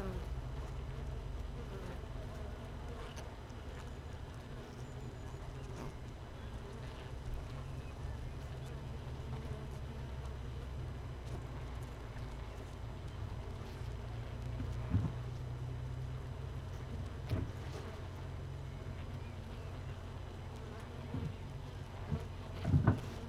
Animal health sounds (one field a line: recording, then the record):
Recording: honeybee colony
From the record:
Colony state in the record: missing queen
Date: 31 May 2018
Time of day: 15:35